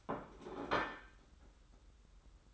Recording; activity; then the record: daily activity, microphone in the room; place plate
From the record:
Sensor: 3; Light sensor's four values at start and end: 31/87/35/30 and 31/86/35/30